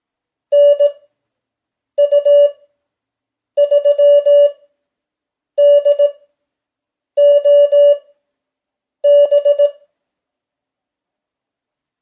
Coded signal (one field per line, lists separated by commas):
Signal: Morse code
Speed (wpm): 18 wpm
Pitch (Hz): 580 Hz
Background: none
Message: NU3DOB